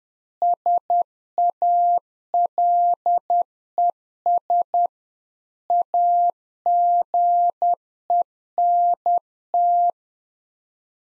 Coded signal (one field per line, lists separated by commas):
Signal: Morse code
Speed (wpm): 10 wpm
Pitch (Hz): 700 Hz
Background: none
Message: SALES AGENT